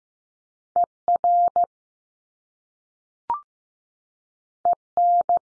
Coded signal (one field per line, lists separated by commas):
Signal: Morse code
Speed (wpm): 15 wpm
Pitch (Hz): 700 Hz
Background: none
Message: E RE N